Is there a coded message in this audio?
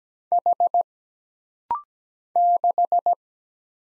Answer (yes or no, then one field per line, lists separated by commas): yes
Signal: Morse code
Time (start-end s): 0.3-3.1 s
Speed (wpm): 17 wpm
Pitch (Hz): 700 Hz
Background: none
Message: H 6